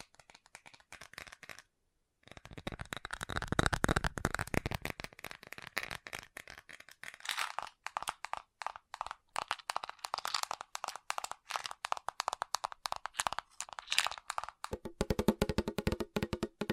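Fast tapping rattles along in dense, rapid bursts of sharp clicks with a crinkly, papery edge. It stops for a moment near two seconds, then returns heavier and fuller around four seconds. Near the end the taps turn more hollow and lower.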